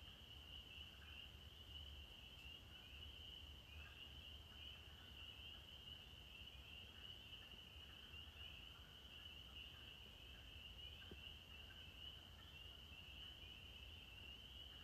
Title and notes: April 15, 2023. the sound of the spring peepers, or pseudacris crucifer